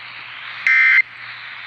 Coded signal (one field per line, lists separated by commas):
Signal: Emergency Alert System (SAME) tones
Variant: end-of-message bursts